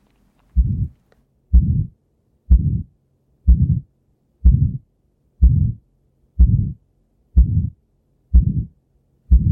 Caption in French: Vous avez le cœur qui a un souffle, qui s'accélère à la fin et ensuite qui se termine sans éclat, qui se termine par lui-même. Et ça veut dire que la valve de sortie du cœur est rétrécie calcifiée, et ça, c'est l'apanage de l'âge, c'est-à-dire que c'est une pathologie qu'on trouve en général vers 80 ans, 90 ans, et que maintenant on traite sans opérer, on dirait par dilatation.